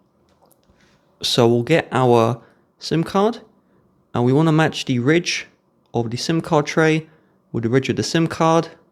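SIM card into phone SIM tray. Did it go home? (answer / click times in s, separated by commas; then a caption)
no / none. A nano SIM card is handled and lined up with the ridge of the plastic/metal SIM card tray of a Google Pixel 9, which has a single SIM slot and no micro SD slot. Someone talks throughout, with only faint brief handling ticks in the first 0.7 s. Nothing has seated or clicked into the tray yet.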